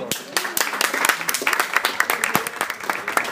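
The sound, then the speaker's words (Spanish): An audience at a Marvel trivia quiz breaks into applause, a dense run of many overlapping handclaps with sharp, crackling peaks that holds steady for a few seconds. “¡Un aplauso!”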